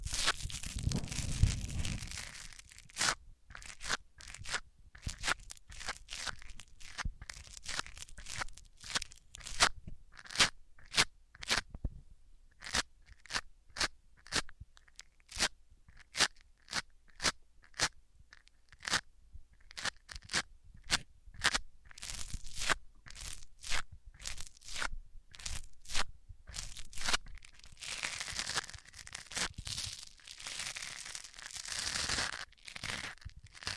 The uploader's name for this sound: Rubbing Mics On Different Surfaces